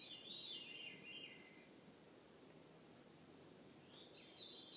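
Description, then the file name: Veery, a downward-spiralling fluty phrase, then a few higher thin notes, and another phrase beginning at the end over a soft steady background. Recorded in Juneau, Alaska, on 15 June 2014. "Veery Alaska Juneau Laurie Lamm 15 June 2014"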